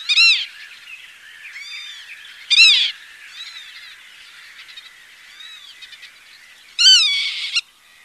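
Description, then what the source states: Black-tailed godwit calls: loud, ringing harmonic notes at the start, after about two and a half seconds, and near the end, with softer calls between. Recording filtered.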